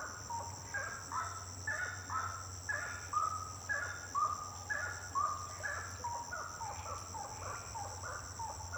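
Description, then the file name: Bird whistling short notes about once per second, over a steady high drone and a low hum. Birds singing at night, intense song. "Passaros cantando a noite canto intenso"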